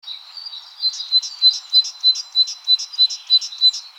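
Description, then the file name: Great tit calling, a steady run of bright, high, evenly spaced notes about three per second, rising in loudness after the first second. "Parus major"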